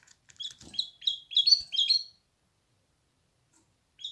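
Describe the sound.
Canary giving a short burst of several quiet, high chirped notes in quick succession, then a pause and one more note.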